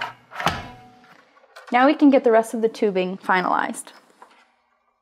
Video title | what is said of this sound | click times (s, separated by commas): SI Analytics - Setting up our TitroLine 7000 titrator - English | we'll line up the sides here and just push down at a 45 degree angle until you hear a click now | 0.5 s